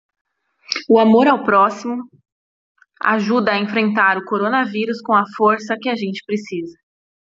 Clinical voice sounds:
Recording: spoken sentence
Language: Brazilian Portuguese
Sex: female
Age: 20 to 29 years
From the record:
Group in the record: control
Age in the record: 23 years

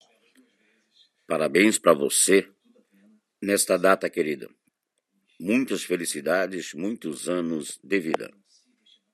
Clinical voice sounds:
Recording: short text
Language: Brazilian Portuguese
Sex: male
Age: 50 to 59 years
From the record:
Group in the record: control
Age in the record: 56 years

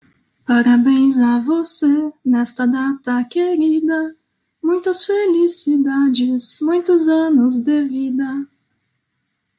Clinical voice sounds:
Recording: short text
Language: Brazilian Portuguese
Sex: female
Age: 30 to 39 years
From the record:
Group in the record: control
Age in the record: 36 years

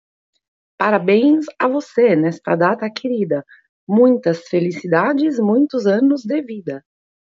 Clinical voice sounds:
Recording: short text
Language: Brazilian Portuguese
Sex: female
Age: 50 to 59 years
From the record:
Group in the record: control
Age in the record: 53 years

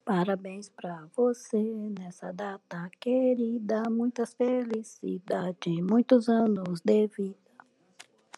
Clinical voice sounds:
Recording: short text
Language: Brazilian Portuguese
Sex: female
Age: 50 to 59 years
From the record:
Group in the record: control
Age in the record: 58 years

